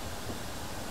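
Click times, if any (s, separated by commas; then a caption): none. A screw is turned backwards in its threaded hole in an Evinrude/Johnson 60 and 90 degree Looper outboard carburetor body, being handled but not yet home. Only a steady, broadband hiss with a faint low rumble is heard, with no distinct sudden sounds. Nothing has seated or clicked yet.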